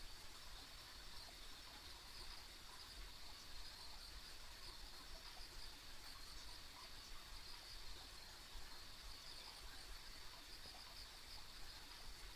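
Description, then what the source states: Insects keep up a continuous high-pitched trill with slight pulsing, backed by a steady low rumble. Ambient insect sounds on a country road.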